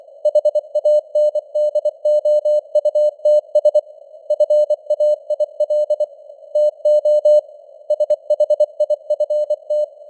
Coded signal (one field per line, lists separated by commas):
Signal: Morse code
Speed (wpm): 24 wpm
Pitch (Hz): 600 Hz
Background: none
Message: HANDOUTS FAIL TO SHIFT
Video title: Morse Code News | 2025-12-23 | 24wpm